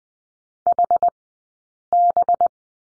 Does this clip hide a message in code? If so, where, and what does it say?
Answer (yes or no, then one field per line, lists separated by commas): yes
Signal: Morse code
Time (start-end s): 0.7-2.5 s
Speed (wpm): 20 wpm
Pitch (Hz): 700 Hz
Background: none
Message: HB